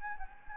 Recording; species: mosquito wingbeat signal from an infrared sensor; Anopheles gambiae